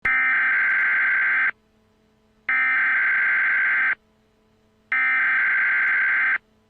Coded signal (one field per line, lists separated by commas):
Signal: Emergency Alert System (SAME) tones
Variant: header bursts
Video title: Emergency Alert System (Leave The World Behind)